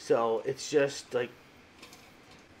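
A toilet flush valve, its oval base lined up with the oval opening in the tank bottom, is handled before being inserted and given a quarter turn to lock in place. Someone talks for the first second or so, followed by faint, quiet handling sounds. Nothing has seated or clicked yet.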